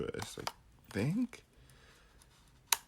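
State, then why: Seated. Someone talks while twisting an interchangeable lens onto the bayonet mount of a Sony a6400 mirrorless camera body. A quiet stretch follows, then a single sharp, loud click at 2.7 s as the lens locks into place, fully seated.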